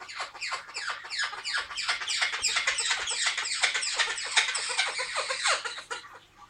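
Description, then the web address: Blue-headed parrot calls, a steady stream of raspy, descending screeches about three per second, ending abruptly into near silence. "sinegolovyi cernouxii brazilskii popugai pionus. parrots pionus-menstruus"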